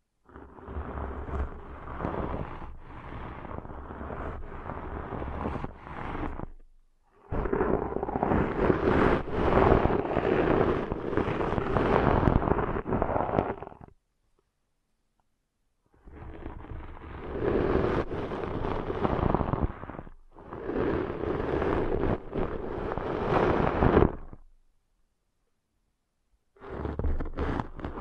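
Ear cleaning sounds in dense bursts of rough scratching and rustling. The scraping runs several seconds at a time, roughly 0–7, 7–14, 16–24 and from 26 seconds, with full silences between, plus a low rumble in the first and last bursts.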